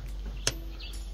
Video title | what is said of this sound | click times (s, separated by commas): Kiddies Wimbledon chairs assembly | and you see the chair clicks into place | 0.5 s